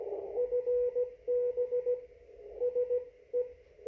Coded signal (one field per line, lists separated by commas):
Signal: Morse code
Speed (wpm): 16 wpm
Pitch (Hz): 490 Hz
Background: radio noise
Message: FB SE